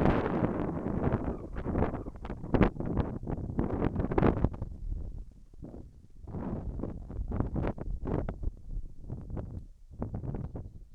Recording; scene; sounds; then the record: everyday scene through a hearing-aid microphone; wind on the microphone; wind, whistling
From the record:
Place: in front of a rural house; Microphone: behind the ear, left, front